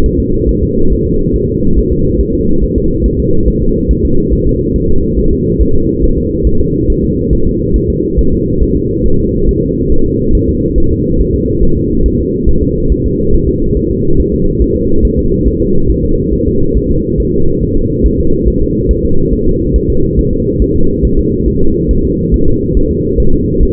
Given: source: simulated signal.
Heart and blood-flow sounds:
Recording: fetal heart sounds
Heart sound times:
0.06 s: S1
0.20 s: S2
0.49 s: S1
0.63 s: S2
0.92 s: S1
1.06 s: S2
1.36 s: S1
1.50 s: S2
1.78 s: S1
1.93 s: S2
2.21 s: S1
2.35 s: S2
2.64 s: S1
2.78 s: S2
3.06 s: S1
3.20 s: S2
3.48 s: S1
3.62 s: S2
3.91 s: S1
4.05 s: S2
4.33 s: S1
4.47 s: S2
4.76 s: S1
4.90 s: S2
5.19 s: S1
5.33 s: S2
5.61 s: S1
5.75 s: S2
6.04 s: S1
6.18 s: S2
6.47 s: S1
6.61 s: S2
6.90 s: S1
7.04 s: S2
7.33 s: S1
7.47 s: S2
7.76 s: S1
7.90 s: S2
8.19 s: S1
8.33 s: S2
8.62 s: S1
8.77 s: S2
9.06 s: S1
9.20 s: S2
9.49 s: S1
9.63 s: S2
9.92 s: S1
10.06 s: S2
10.35 s: S1
10.49 s: S2
10.78 s: S1
10.92 s: S2
11.20 s: S1
11.35 s: S2
11.63 s: S1
11.77 s: S2
12.06 s: S1
12.20 s: S2
12.49 s: S1
12.63 s: S2
12.92 s: S1
13.06 s: S2
13.35 s: S1
13.49 s: S2
13.77 s: S1
13.91 s: S2
14.20 s: S1
14.34 s: S2
14.62 s: S1
14.76 s: S2
15.05 s: S1
15.19 s: S2
15.47 s: S1
15.62 s: S2
15.90 s: S1
16.04 s: S2
16.34 s: S1
16.47 s: S2
16.77 s: S1
16.91 s: S2
17.20 s: S1
17.34 s: S2
17.63 s: S1
17.77 s: S2
18.06 s: S1
18.20 s: S2
18.48 s: S1
18.62 s: S2
18.91 s: S1
19.05 s: S2
19.33 s: S1
19.47 s: S2
19.76 s: S1
19.90 s: S2
20.19 s: S1
20.33 s: S2
20.62 s: S1
20.76 s: S2
21.05 s: S1
21.19 s: S2
21.48 s: S1
21.62 s: S2
21.91 s: S1
22.05 s: S2
22.34 s: S1
22.48 s: S2
22.77 s: S1
22.91 s: S2
23.20 s: S1
23.34 s: S2
23.63 s: S1
From the record:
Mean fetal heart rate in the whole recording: 140 bpm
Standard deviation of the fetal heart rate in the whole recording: 2 bpm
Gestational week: 34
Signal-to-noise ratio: -17.7 dB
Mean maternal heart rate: 72 bpm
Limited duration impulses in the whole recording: present

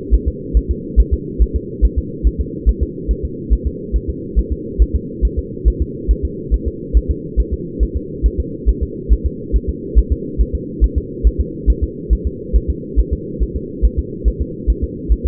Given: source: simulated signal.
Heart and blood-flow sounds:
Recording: fetal heart sounds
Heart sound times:
0.14 s: S1
0.28 s: S2
0.57 s: S1
0.71 s: S2
1.00 s: S1
1.14 s: S2
1.42 s: S1
1.56 s: S2
1.85 s: S1
1.99 s: S2
2.27 s: S1
2.41 s: S2
2.69 s: S1
2.83 s: S2
3.11 s: S1
3.25 s: S2
3.53 s: S1
3.67 s: S2
3.96 s: S1
4.10 s: S2
4.39 s: S1
4.53 s: S2
4.82 s: S1
4.96 s: S2
5.25 s: S1
5.39 s: S2
5.68 s: S1
5.82 s: S2
6.11 s: S1
6.25 s: S2
6.54 s: S1
6.68 s: S2
6.97 s: S1
7.11 s: S2
7.40 s: S1
7.53 s: S2
7.83 s: S1
7.97 s: S2
8.26 s: S1
8.40 s: S2
8.69 s: S1
8.83 s: S2
9.12 s: S1
9.26 s: S2
9.56 s: S1
9.70 s: S2
9.99 s: S1
10.12 s: S2
10.41 s: S1
10.55 s: S2
10.84 s: S1
10.98 s: S2
11.27 s: S1
11.41 s: S2
11.70 s: S1
11.84 s: S2
12.13 s: S1
12.27 s: S2
12.56 s: S1
12.70 s: S2
13.00 s: S1
13.13 s: S2
13.43 s: S1
13.56 s: S2
13.85 s: S1
13.99 s: S2
14.28 s: S1
14.42 s: S2
14.70 s: S1
14.84 s: S2
15.12 s: S1
15.26 s: S2
From the record:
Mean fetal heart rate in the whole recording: 140 bpm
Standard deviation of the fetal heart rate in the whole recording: 2 bpm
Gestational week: 34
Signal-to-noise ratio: -4.1 dB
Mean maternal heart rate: no maternal heart sound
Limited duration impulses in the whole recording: absent

